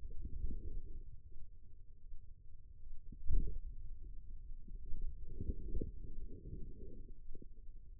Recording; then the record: forearm muscle sounds (acoustic myography)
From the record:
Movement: finger pinch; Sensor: system 2, bracelet of six BSWA MPA416 microphones around the upper forearm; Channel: 3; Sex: female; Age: 25 years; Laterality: right